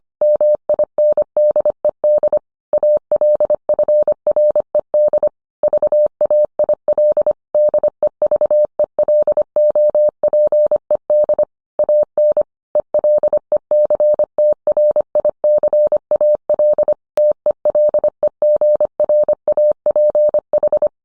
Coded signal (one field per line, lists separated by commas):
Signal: Morse code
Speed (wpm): 25 wpm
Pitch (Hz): 600 Hz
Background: none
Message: MINDED ALFRED VAIL DEVELOPED AN ELECTRICAL TELEGRAPH